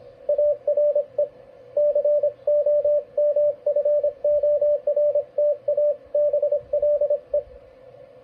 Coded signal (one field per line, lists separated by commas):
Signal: Morse code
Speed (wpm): 26 wpm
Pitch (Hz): 590 Hz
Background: radio noise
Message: ARE COMFORTABLE